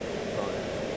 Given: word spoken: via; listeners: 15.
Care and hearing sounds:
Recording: one English word in noise, from a listening test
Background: speech-shaped noise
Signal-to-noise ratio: -6.3 dB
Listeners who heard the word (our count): 0 of 15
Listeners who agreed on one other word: 6 of 15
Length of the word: 0.57 s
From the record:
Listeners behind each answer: 6, 1, 1, 1, 1, 1, 1, 1, 1, 1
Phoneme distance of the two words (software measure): 10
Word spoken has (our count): 2 syllables, 3 phonemes, stress on syllable 1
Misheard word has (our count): 2 syllables, 3 phonemes, stress on syllable 1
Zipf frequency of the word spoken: 4.12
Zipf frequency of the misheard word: 5.18

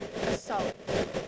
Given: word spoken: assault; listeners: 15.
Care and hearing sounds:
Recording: one English word in noise, from a listening test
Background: noise modulated by three-talker babble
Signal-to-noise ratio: -6.1 dB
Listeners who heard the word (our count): 2 of 15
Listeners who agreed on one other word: 12 of 15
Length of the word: 0.88 s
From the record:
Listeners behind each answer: 12, 2, 1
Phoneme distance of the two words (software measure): 7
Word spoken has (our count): 2 syllables, 5 phonemes, stress on syllable 2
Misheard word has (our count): 1 syllable, 4 phonemes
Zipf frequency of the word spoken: 4.11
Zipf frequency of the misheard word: 4.69

